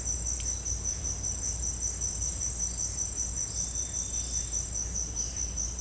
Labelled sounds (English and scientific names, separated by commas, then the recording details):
none
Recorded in secondary vegetation near Puerto Asís, Putumayo, Colombia, on 19 March 2025 at 09:30
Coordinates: 0.502, -76.326
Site G100